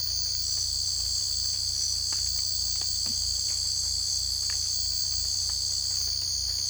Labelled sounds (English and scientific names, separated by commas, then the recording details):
none
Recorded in secondary vegetation near Puerto Asís, Putumayo, Colombia, on 18 December 2024 at 03:00
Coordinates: 0.488, -76.319
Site GP04